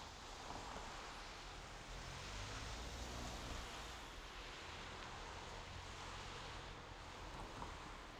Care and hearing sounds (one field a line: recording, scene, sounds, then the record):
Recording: everyday scene through a hearing-aid microphone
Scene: in traffic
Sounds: traffic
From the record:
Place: main road on the outskirts, rush hour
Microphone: in the ear canal, left